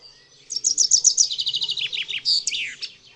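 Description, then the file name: Common chaffinch delivering a rapid cascading song, high notes tumbling downward in steps before an emphatic terminal flourish. "ZIEBA"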